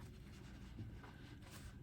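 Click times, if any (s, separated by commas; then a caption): none. A plastic back washer is squeezed onto the post of a plastic safety eye through a crocheted lemon, heard as soft, low handling rustles and faint fabric brushing over a steady background hiss. Nothing has seated or clicked yet; the back is not yet home when the clip ends.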